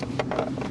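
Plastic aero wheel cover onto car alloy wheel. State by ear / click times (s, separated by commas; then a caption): seated / 0.2 s, 0.3 s, 0.4 s. A plastic aero wheel cover is pushed onto a car alloy wheel that has curb rash, snapping into place with a short cluster of sharp plastic snaps at 0.2, 0.3 and 0.4 seconds. The cover ends up seated on the wheel.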